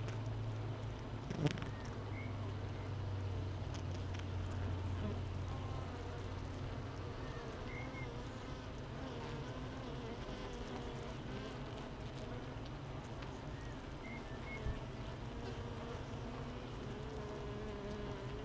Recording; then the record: honeybee colony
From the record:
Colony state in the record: missing queen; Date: 31 May 2018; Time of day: 7:56